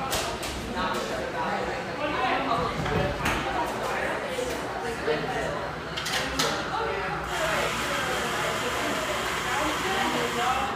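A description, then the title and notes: A busy stretch of Portland's Pearl District, filled with overlapping voices talking at once in a steady murmur. Sharp clicks and knocks, like footsteps or handled objects, break through during the first seven seconds, and a faint low hum runs underneath throughout. Pearl District, Portland, Oregon.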